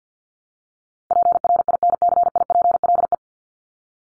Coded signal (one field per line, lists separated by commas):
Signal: Morse code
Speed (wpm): 48 wpm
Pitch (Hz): 700 Hz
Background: none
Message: PRINCIPLE